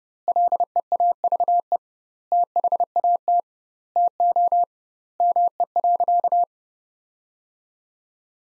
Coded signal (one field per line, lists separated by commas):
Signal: Morse code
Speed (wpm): 32 wpm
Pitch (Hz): 700 Hz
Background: none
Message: LEAVE THAT TO ME.